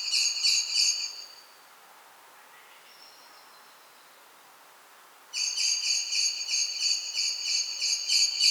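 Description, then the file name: Common blackbird chatter: a short burst of fast clacking notes, several quiet seconds with one faint thin note, then a longer unbroken run of rapid harsh notes. "Turdus merula"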